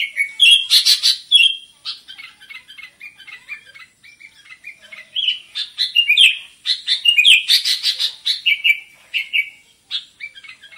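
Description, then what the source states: Sooty-headed bulbul song, a lively run of bubbly whistled phrases and chirps with harsh buzzy bursts, continuing with short pauses throughout. Bird described as gacor, singing vigorously and continuously.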